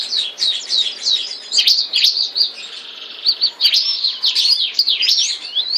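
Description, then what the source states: White-eye song: rapid high, thin chirps and twittering notes, tumbling up and down in quick bursts with brief pauses between phrases. Indonesian listing calls it pleci mata putih dada kuning, white-eyed and yellow-breasted, singing gacor, continuously and vigorously.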